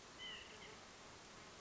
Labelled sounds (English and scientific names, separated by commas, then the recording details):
White-breasted Nuthatch (Sitta carolinensis)
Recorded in Sonoma County, California